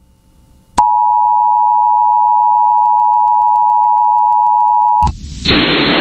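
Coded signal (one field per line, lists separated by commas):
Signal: Emergency Alert System (SAME) tones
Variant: 853 and 960 Hz attention tone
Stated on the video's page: Flash Flood Warning from the National Weather Service for California counties, aired on an FM station.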